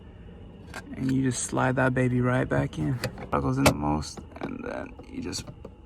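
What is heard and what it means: Someone talks while sliding a plastic dome light lens cover back into the interior light housing of a Honda Accord, with faint plastic handling ticks around 4.4 to 5.0 seconds. Nothing has seated or clicked yet.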